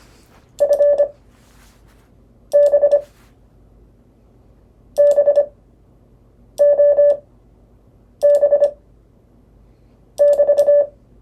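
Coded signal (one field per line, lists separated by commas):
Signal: Morse code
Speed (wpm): 26 wpm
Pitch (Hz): 580 Hz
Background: none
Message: FB BOB <BT>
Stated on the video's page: Lesson on CW prosigns.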